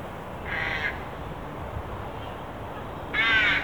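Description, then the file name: Carrion crow giving two harsh caws, one in the first second and one at the end, separated by a quiet pause. "Corvus corone"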